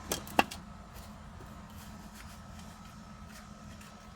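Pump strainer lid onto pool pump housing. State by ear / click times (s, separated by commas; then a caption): seated / 0.4 s. A plastic pool pump strainer lid is lined up so its small locks sit in the teeth of the pump housing, then turned, with a few light knocks at about 0.1 and 0.3 seconds. A sharp click at 0.4 seconds is followed by a soft knock at 0.5 seconds and then a low steady hum. The lid pops into place and is seated, locked onto the pool pump housing.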